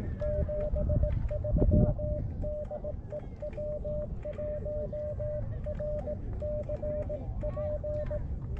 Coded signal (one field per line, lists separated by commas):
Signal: Morse code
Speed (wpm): 19 wpm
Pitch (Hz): 590 Hz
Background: none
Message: 73 DE W1RCP